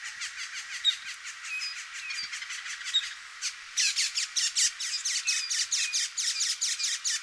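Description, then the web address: Northern mockingbird song: high chirps and short notes, then a louder run of harsh, rapidly repeated notes in the second half. "Northern mockingbird. صدای-پرنده-مرغ-تقلیدگر-شمالی"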